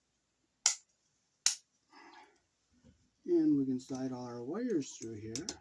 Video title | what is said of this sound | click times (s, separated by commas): October 26, 2024(2) Origin 21 item #1362624 model #VBL22-3CH 3 light vanity bar how to installation | you'll hear it snapping like this | 0.7 s, 1.5 s